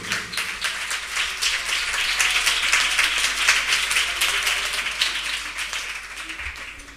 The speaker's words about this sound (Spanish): Por favor, le dais un aplauso.